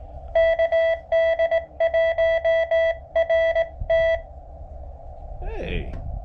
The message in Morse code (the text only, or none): KD1RT